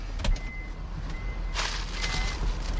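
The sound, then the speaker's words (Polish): A snowcat's cab door thuds shut over a steady low engine rumble as it sets off, with a couple of sharp clunks and a faint, thin high tone coming and going. “Drzwi zamknięte, ruszamy.”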